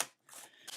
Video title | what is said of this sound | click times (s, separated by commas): How to Change Thermal Paste | And you hear some snap | 0.0 s